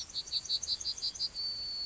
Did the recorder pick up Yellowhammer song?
yes